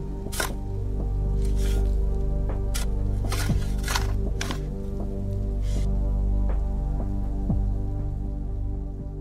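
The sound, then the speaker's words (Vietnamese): Heavy rain pours steadily at night across a yard, over a low, throbbing hum, with brief hissing surges of downpour breaking through now and then; no one speaks. “Dưới cơn mưa đêm, anh đã chôn đứa con vừa mới chào đời.”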